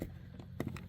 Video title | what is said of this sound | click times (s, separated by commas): P0345 & P0340 Errors: 2010 Nissan Xterra Cam Sensor Replacement - Easy DIY | you're going to push that grein down that green you can hear it click you're going to push it down | 0.6 s